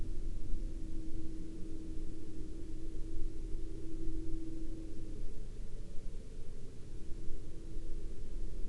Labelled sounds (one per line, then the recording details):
aircraft
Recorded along the Dempster Highway, Canada, on 23 March 2020 at 07:21
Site 22